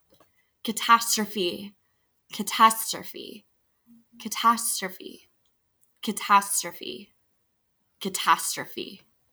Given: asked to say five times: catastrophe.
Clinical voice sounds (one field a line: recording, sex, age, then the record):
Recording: repeated word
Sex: female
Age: 20 to 29 years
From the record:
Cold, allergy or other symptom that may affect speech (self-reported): no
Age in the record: 29 years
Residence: Virginia, United States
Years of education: 16